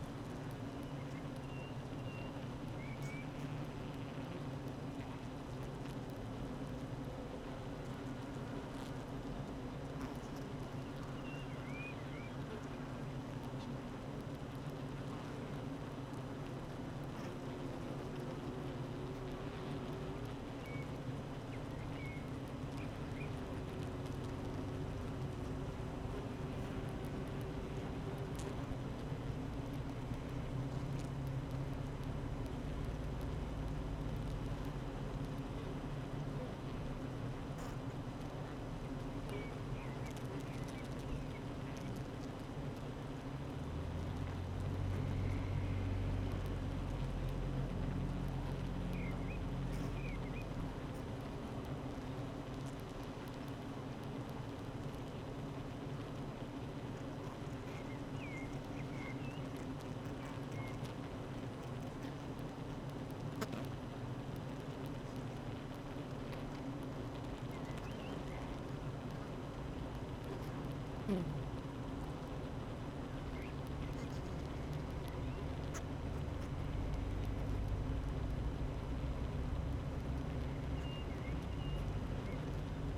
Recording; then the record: honeybee colony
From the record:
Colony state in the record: active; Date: 12 June 2018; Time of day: 8:25